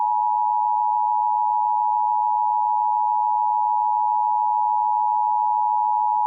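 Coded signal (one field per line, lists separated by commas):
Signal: Emergency Alert System (SAME) tones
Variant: 853 and 960 Hz attention tone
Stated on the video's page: Valid EAS tones from Evansville-area FM broadcast stations during severe weather, recorded on an iPad and on Windows 10.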